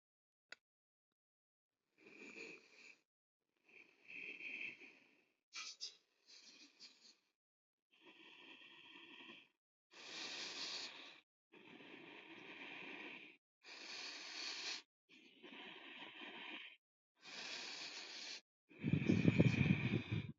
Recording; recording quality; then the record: deep breathing; moderate, slight background noise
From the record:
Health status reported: healthy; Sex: male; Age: 53 years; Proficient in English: yes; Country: India